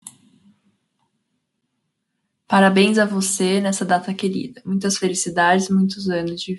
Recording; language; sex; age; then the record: short text; Brazilian Portuguese; female; 20 to 29 years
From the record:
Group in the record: control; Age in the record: 29 years